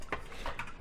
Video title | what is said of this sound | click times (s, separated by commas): I Drank Celery Juice For 7 DAYS and This Is What Happened - WARNING: Shocking RESULTS! | It just literally just snaps into place. | 0.1 s, 0.6 s